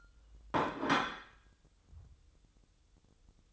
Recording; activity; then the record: daily activity, microphone in the room; place plate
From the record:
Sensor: 3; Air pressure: 988.6 hPa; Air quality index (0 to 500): 199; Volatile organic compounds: 345 ppm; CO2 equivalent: 4574 ppm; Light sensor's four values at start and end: 22/71/30/25 and 22/71/30/25